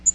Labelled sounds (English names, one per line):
Magnolia Warbler flight call